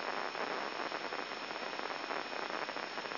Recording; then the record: brain microelectrode recording played as sound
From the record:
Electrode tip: inside the subthalamic nucleus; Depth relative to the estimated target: -1 mm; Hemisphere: left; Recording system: AlphaMap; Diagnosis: Parkinson's disease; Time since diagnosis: 14 years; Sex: male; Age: 66 years